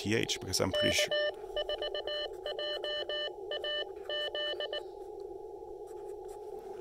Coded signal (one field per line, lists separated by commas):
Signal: Morse code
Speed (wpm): 19 wpm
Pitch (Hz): 600 Hz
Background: speech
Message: K4JAZ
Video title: POTA: Pairing the LDG Z-100 Plus, Icom IC-705, and Chameleon CHA Emcomm III Portable